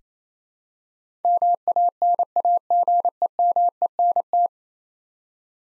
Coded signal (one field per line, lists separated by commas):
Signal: Morse code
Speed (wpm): 28 wpm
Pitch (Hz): 700 Hz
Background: none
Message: MANAGEMENT